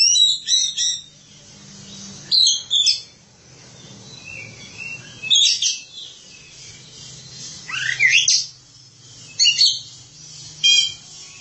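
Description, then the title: Oriental magpie-robin song in short bursts of high, sharp chirping and whistled notes, separated by pauses, with a faint low hum beneath. Kacer song. "Suara Kicauan Burung Kacer"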